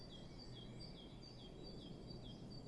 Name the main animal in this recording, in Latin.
Parus major